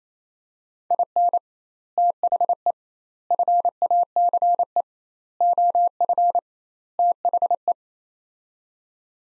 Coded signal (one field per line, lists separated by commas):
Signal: Morse code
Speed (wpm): 27 wpm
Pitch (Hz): 700 Hz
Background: none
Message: IN THE FACE OF THE